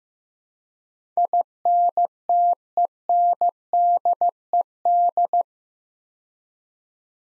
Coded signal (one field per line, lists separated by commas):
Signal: Morse code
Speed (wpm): 15 wpm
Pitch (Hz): 700 Hz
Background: none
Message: INTENDED